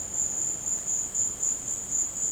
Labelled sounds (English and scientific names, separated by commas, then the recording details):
none
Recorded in dense forest near Puerto Asís, Putumayo, Colombia, on 19 March 2025 at 16:00
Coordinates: 0.500, -76.322
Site GP06